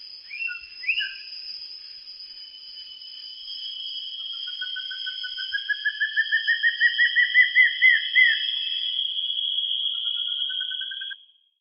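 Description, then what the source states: Bird call: a few short notes, then a long run of quick, clear notes rising in pitch, and later a shorter rising series, over steady high tones throughout. Recorded in Peru.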